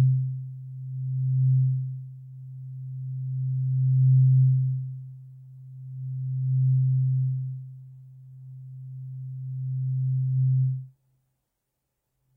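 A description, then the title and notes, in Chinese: A tuning fork gives a single pure, low hum that holds one pitch throughout. Its loudness swells and eases in slow, regular waves about every two and a half seconds, then the tone stops abruptly near eleven seconds, leaving silence. 音叉疗愈。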